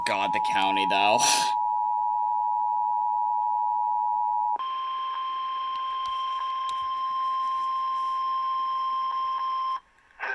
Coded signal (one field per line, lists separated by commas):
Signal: Emergency Alert System (SAME) tones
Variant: 853 and 960 Hz attention tone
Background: speech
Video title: EAS 1073 SVR NWS Jacksonville